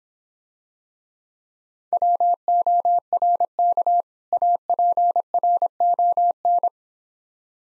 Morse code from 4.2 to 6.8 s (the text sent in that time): APRON